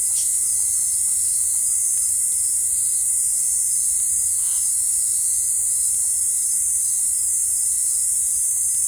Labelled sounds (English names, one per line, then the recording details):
none
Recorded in forest near Pivijay, Magdalena, Colombia, on 4 June 2023 at 18:30
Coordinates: 10.467, -74.380
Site Z5-G034